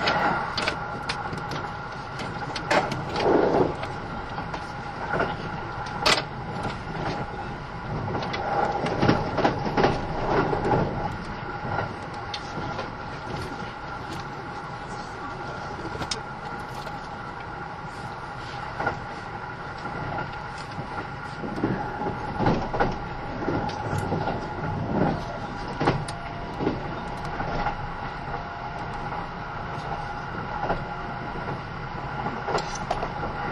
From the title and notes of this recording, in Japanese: 近鉄80000系 (10番台日立製)ひのとり3113レ 01/01:近鉄名古屋～五十鈴川。Vehicles in the 10th series are equipped with Hitachi equipment in the control device and traction motor.